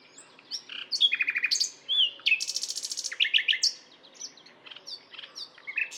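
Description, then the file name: Common nightingale singing a dense string of varied phrases: quick repeated chips, a loud buzzy trill and scattered whistles. "Luscinia megarhynchos"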